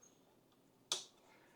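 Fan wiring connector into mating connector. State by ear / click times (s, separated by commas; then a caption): seated / 0.9 s. A fan wiring connector for a Viossn 62-inch outdoor ceiling fan with lights is slid into its mating connector and locked into place. After a quiet stretch, a single sharp, bright click at 0.9 s marks it seating.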